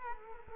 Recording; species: mosquito wingbeat signal from an infrared sensor; Culex quinquefasciatus